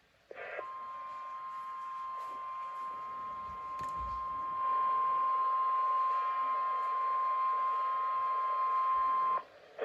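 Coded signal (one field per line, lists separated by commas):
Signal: Emergency Alert System (SAME) tones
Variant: 1050 Hz attention tone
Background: speech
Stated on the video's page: Compilation of real EAS alerts for rain storms in California.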